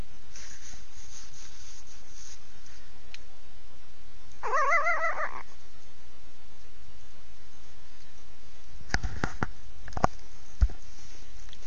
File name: Fox kits in front of fox hole